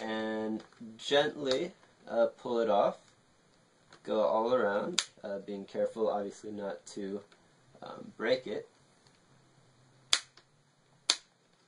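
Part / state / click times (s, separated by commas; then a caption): plastic bezel clips releasing from a laptop screen lid / released / 10.1 s, 11.1 s. Someone talks while the plastic screen bezel of an Acer Aspire TimelineX 5830TG-6614 laptop is pried off by hand, working around the edge of the screen lid. Then the bezel's retaining clips pop free with two sharp snaps at 10.1 s and 11.1 s. The snapping is normal and the clips release.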